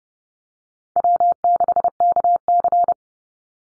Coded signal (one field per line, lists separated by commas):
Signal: Morse code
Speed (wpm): 30 wpm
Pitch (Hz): 700 Hz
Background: none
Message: W6KC